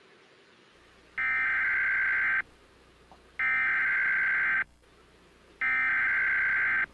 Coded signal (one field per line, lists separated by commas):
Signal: Emergency Alert System (SAME) tones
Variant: header bursts